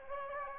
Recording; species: mosquito wingbeat signal from an infrared sensor; Anopheles gambiae